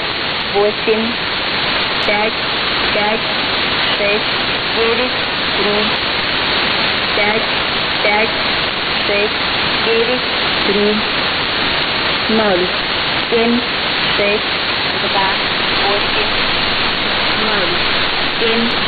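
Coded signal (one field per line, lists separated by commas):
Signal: numbers station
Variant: S06s, Russian female voice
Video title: 25 06 2019 S06s Russian Lady numbers station in Russian to Eu 0730 on 7365 unknown tx site USB+AM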